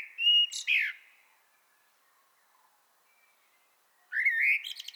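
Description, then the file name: Common blackbird song: the tail of a fluted phrase with high squeaks, then silence before another warbled phrase starts. "Turdus merula"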